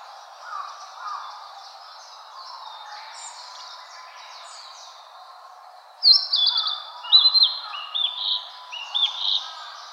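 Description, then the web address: Narcissus flycatcher giving phrases of high whistled and clipped notes that burst out after six seconds of quieter bird sounds. Recorded 18 April 2013. "birdenaga kibitaki S 130418"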